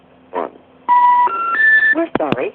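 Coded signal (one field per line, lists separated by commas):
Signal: telephone call progress tone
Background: speech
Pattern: special information tone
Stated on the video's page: Vintage step-by-step central office audio: AM-modulated ringbacks, reorder tone interrupted by motor-driven interrupters, relay clicks, pulse dialing, severe inductive crosstalk and office hum.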